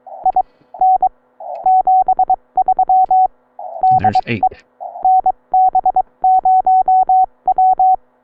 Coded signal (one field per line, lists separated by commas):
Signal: Morse code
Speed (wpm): 22 wpm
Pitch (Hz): 750 Hz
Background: none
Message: IN 73 DE NB0W